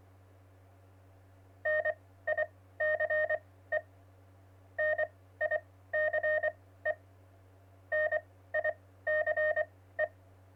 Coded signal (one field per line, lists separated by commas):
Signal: Morse code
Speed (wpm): 24 wpm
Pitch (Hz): 620 Hz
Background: none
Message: NICE NICE NICE